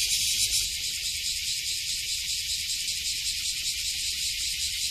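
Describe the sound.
Cicada singing a loud, steady, hissing buzz that holds without a break throughout.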